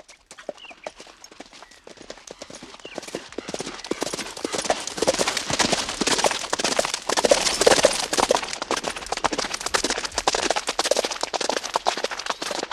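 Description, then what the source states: Horse hoofbeats begin quietly, then build into a fast, uneven drumming of canter strides, loud and continuous through the second half. Horse starting into a canter.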